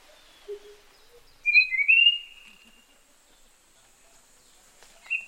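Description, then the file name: Tanahjampea blue flycatcher singing one short phrase of bright whistled notes, followed later by a brief high note; a steady high hum behind. "sikatan tanahjampea"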